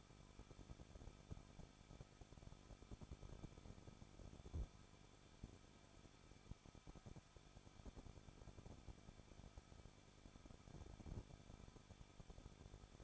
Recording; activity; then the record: daily activity, microphone in the room; no activity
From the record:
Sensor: 5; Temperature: 20.8 degrees Celsius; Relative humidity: 38.4%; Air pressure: 1006.5 hPa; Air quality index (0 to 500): 189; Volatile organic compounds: 20 ppm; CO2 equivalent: 2674 ppm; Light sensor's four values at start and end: 2/3/1/1 and 2/3/1/1